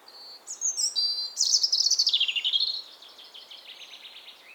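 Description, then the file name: European robin song: a few thin high whistles, then a loud, fluttering trill that dips and rises, fading into softer twitters. "Erithacus rubecula"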